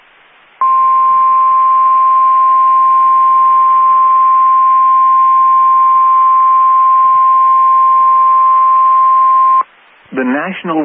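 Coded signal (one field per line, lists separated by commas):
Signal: Emergency Alert System (SAME) tones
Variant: 1050 Hz attention tone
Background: speech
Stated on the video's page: Severe Thunderstorm Warning from weather radio station, Amarillo, Texas.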